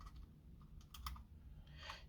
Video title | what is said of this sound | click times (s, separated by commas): Best Dash Cams 2024 Aguri DX4000 Dash Cam, Speed Trap Detector, and Speed Limit Alert System Unboxed | just need a finger nail just to pop that in that's a spring release um so | 1.0 s, 1.1 s